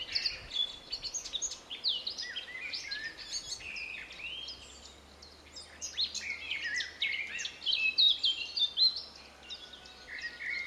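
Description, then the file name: Eurasian blackcap song: busy, chattering warble of high twittering and whistled notes in overlapping bursts. "Sylvia atricapilla"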